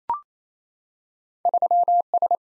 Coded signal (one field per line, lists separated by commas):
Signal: Morse code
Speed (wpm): 27 wpm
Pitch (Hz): 700 Hz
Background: none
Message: 3S